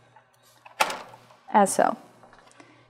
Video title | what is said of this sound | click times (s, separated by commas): SI Analytics - Setting up our TitroLine 7000 titrator - English | you click it into place as so | 0.8 s